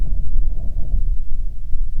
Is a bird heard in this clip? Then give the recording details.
yes. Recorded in the Prudhoe Bay oil fields, Alaska, on 6 August 2019 at 05:12. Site 22